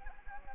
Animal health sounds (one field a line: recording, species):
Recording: mosquito wingbeat signal from an infrared sensor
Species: Anopheles gambiae